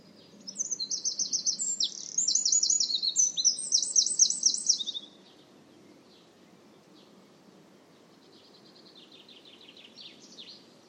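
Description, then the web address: Bird song: about four and a half seconds of rapid, high twittering with repeated slurred notes, then after a pause fainter high phrases, over a low rumbling background. "cianscape birddata Deverinetal 2025"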